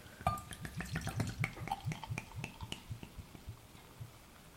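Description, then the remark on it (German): Beer fizzing in a glass: a steady run of small, crisp bubble pops and ticks, busiest at first and gradually thinning out, with no voices over it. “Meins hört man noch. Das sprudelt.”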